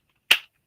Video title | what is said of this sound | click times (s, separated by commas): G.I. Joe New News Review Episode # 45 Skystriker Haslab. | There it goes. Snap, snap, snap, crackle, pop. | 0.3 s